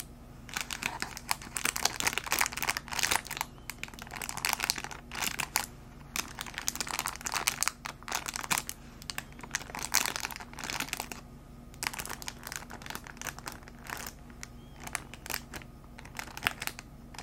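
Soft plastic crinkling runs through the whole clip in dense, irregular bursts of bright crackle, with brief quieter gaps around 11 and 15 seconds. A faint steady low hum sits underneath throughout.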